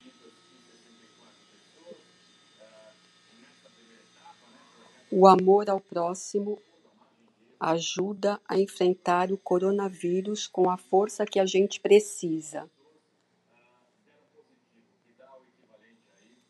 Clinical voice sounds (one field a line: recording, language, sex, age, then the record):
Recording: spoken sentence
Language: Brazilian Portuguese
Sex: female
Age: 50 to 59 years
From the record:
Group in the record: control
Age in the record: 59 years